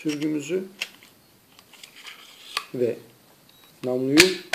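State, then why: Not seated. During reassembly of a Sig Sauer P220 .45 ACP pistol, one pistol part is carefully fitted into the frame/slide while someone talks, with a few faint, brief handling taps between the phrases. Nothing has seated or clicked into place yet.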